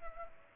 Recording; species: mosquito wingbeat signal from an infrared sensor; Culex pipiens